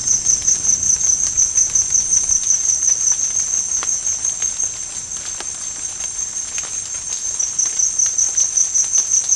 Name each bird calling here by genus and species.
none